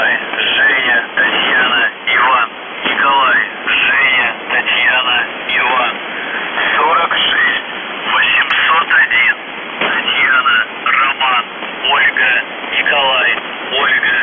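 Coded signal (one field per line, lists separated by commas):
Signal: numbers station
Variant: UVB-76, Russian voice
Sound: a male voice reads short phrases over a noisy shortwave channel, no buzzing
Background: radio static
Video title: The Buzzer/UVB-76(4625Khz) November 25+26, 2021 Voice messages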